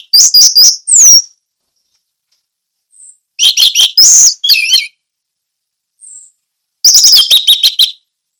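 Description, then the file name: Orange-headed thrush song in three loud bursts of mixed whistles, slurs and chatter separated by pauses, with faint short high notes in between. Indonesian name anis merah; song style described as ngeplong teler. "suara anis merah ngeplong teler"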